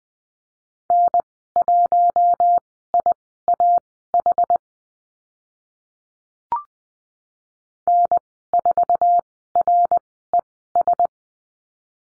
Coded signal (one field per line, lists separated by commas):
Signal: Morse code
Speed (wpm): 20 wpm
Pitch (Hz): 700 Hz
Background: none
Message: N1IAH N4RES